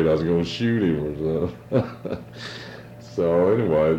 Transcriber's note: laughs